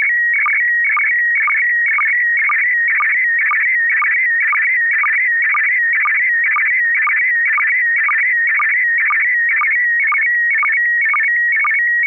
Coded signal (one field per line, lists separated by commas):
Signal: SSTV (slow-scan television)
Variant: PD 120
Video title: N6NA SSTV Net - 08/21/2024